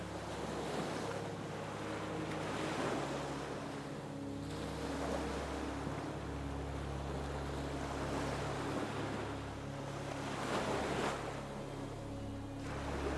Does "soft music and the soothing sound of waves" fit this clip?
yes